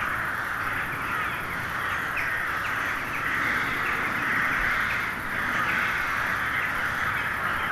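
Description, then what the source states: Carrion crows in a noisy gathering, overlapping croaking caws forming a constant din, some short clipped calls picked out irregularly. Hundreds of crows gathering at dusk in winter to settle for the night in a poplar wood at Neuflize.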